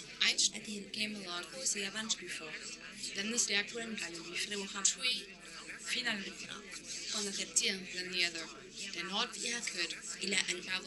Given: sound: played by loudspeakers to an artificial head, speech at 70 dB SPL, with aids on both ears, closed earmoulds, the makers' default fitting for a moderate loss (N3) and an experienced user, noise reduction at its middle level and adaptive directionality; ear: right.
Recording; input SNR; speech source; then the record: speech test signal (ISTS) in cocktail-party noise; +3 dB; in front (0 degrees)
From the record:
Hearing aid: class 1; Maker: H